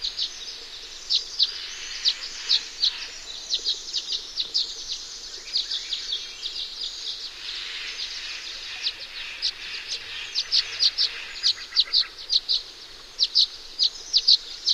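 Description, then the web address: Violet-green swallow calls: thin, high chirps and twitters in quick irregular bursts, some in rapid doubled pairs, running steadily through. "Songs of Birds of North America Know Your Bird Sounds Common Western Species 44-Violet-green Swallow"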